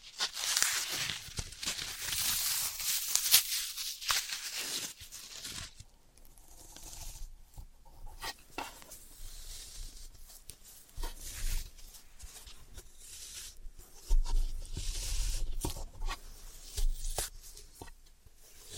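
Floral foam being worked by hand: for the first five seconds a dense, bright crunching and scraping, with one sharp snap near three seconds. After that the sounds turn sparser and softer, scattered taps and small scratches, with a louder burst of crumbling around fifteen seconds.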